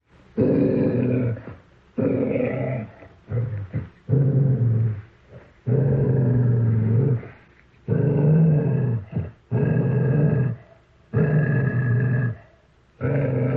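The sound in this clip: Dog giving deep rumbling growls in repeated drawn-out bursts of one to two seconds, separated by short gaps.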